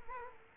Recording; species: mosquito wingbeat signal from an infrared sensor; Culex quinquefasciatus